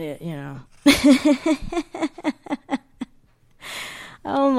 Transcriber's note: laughs